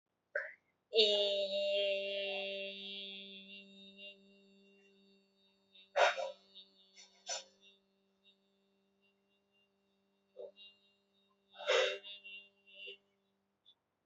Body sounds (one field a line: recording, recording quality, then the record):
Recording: sustained vowel as in beet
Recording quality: moderate, slight background noise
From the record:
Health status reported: healthy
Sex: female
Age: 25 years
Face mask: not worn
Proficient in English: yes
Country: India